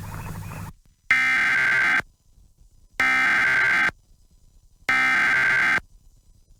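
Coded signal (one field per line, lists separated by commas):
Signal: Emergency Alert System (SAME) tones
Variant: header bursts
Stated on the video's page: Alerts for Tropical Storm Hilary interrupting a film broadcast on a Los Angeles television station.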